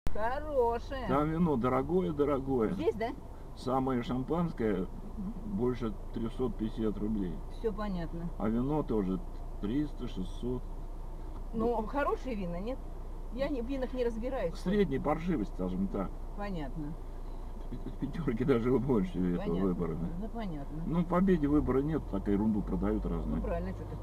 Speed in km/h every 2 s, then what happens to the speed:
0, 0, 1, 0, 1, 0, 0, 0, 1, 0, 0, 0.
0-24 standing.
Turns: none.